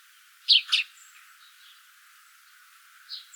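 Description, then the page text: Eurasian tree sparrow chirping, two quick high chirps close together early on, then quiet with one faint chirp near the end. "Volker Arnold - Полевой воробей (Passer montanus)"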